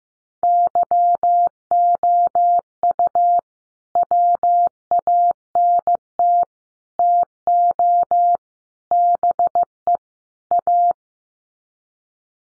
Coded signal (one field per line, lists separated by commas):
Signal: Morse code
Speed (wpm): 15 wpm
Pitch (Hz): 700 Hz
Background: none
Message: YOU WANT TO BE A